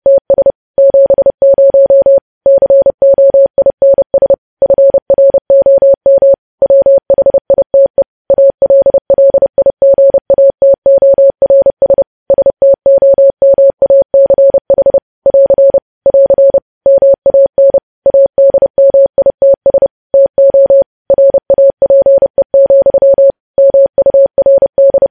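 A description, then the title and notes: Morse code beeps out as a single steady mid-pitched tone, keyed on and off in rapid dots and dashes with short gaps between letters. The sending runs at an even, brisk pace for the whole stretch, clean and close, with only silence between the tones. News Headlines at 30. Morse code.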